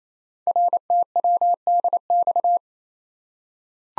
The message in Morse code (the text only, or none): RTWDX